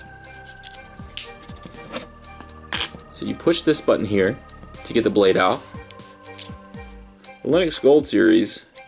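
Someone talks over background music while handling a metal box cutter, pressing a button to release the blade and bringing a Linux Gold Series replacement blade up to the utility knife handle. Small sharp handling ticks are heard. The blade has not seated or locked into place yet.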